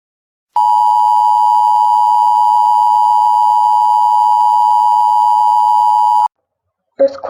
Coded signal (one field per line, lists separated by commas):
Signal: Emergency Alert System (SAME) tones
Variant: 853 and 960 Hz attention tone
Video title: EAS Scenario #6: The Corner